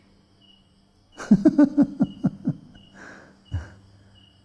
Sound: laughing